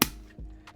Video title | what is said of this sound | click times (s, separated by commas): Unboxing Lomo'Instant Wide Glass | it snaps in place I wish this was on the back of this that'd be great | 0.0 s